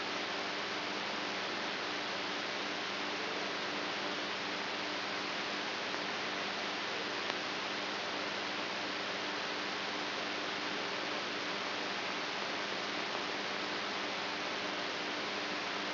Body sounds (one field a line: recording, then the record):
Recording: brain microelectrode recording played as sound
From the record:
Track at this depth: inside the subthalamic nucleus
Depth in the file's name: 4.316 mm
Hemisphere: right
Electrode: 3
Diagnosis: Parkinson's disease